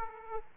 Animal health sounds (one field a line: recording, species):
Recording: mosquito wingbeat signal from an infrared sensor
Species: Aedes aegypti